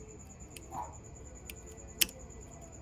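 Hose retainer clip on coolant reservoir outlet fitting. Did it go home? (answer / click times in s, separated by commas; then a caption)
yes / 2.0 s. On a Jeep Wrangler, the radiator hose retainer clip on the coolant bottle's outlet hose connection is pushed back onto the plastic fitting. Faint ticks come before one sharp snap at 2.0 s, when the clip seats firmly in place.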